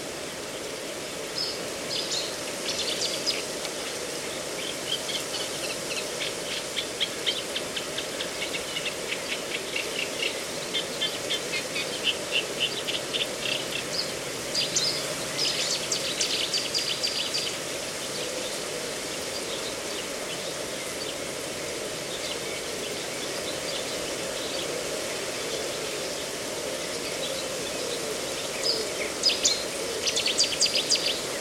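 A reedbed at Slapton Ley in Devon holds a steady, even hiss of background sound. Over it, quick ticking and chattering bird calls come in dense bursts from about 1 to 17 seconds, then thin out, with a few sharp chirps near the end.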